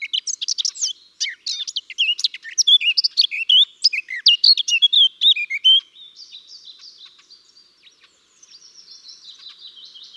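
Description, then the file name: Eurasian blackcap song: a rich, fast, varied warble of bright notes for about six seconds, followed by a softer, thin twittering continuation. "Sylvia atricapilla"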